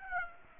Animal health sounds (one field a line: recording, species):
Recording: mosquito wingbeat signal from an infrared sensor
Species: Aedes aegypti